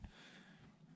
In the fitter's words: you should have heard that click that means it's installed and that is it